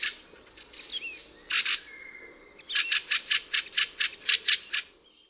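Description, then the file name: Fieldfare giving a rapid series of about ten harsh, rasping 'chack' notes in steady rhythm after an earlier brief burst, with a faint whistled note and soft chirping behind. "KWICZOL"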